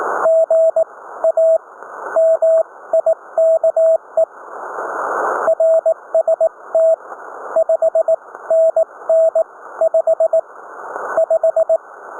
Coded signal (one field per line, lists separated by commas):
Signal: Morse code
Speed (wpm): 18 wpm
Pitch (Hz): 650 Hz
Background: radio noise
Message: GA MIKE RST 5NN 5 5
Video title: CW Morse Code QSO's 19th April 2020